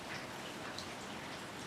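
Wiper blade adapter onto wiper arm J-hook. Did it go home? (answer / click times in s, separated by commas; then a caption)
no / none. A plastic adapter on a Michelin wiper blade from Costco is pushed into the J-hook slot of a metal wiper arm, but this first push does not latch. A steady, rain-like broadband hiss runs throughout, with one brief sharp tick at about 0.8 s. Nothing has snapped in or seated yet.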